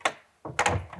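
A metal cabinet door is lined up with the hinge plates of a tool cabinet and locked in place, giving sharp clicks at 0.1 s and 0.6 s. Softer knocks and rattles sound around them. The door locks onto the hinge plates and is seated.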